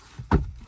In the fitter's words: There we go. Snaps right in. You see that?